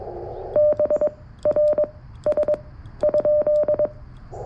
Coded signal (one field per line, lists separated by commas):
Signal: Morse code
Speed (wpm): 21 wpm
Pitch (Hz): 600 Hz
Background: radio noise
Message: BRS ?